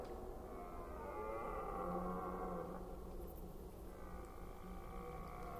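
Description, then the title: Red deer roaring, long harmonic bellows that swell and hold for several seconds, then resume after a brief pause, over a low steady hum. Recorded during the rut in Forêt d'Orléans, France. "Red Deer Rut - Forêt d'Orleans, France"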